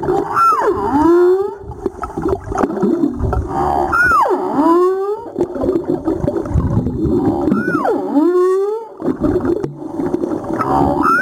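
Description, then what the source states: Humpback whale song: repeated swooping cries that drop sharply then rise again, roughly every three to four seconds, over low rumbling and grunts. Recorded 2022-04-17.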